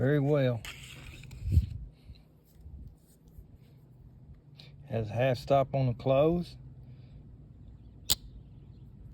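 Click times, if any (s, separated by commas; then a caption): 8.1 s. The single blade of a 1988 Case model 99 1/2 RailSplitter, a traditional slip-joint pocketknife with an olive green bone handle and a steel backspring, is worked through its half stop while someone talks. The blade snaps into place against its backspring with one sharp click at 8.1 s, the typical 1970s–80s backspring snap, and it is seated.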